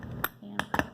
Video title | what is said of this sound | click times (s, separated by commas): Needle Stick and sharps prevention in the dental office. | the way you're gonna hear that snap and this should slide out | 0.2 s, 0.6 s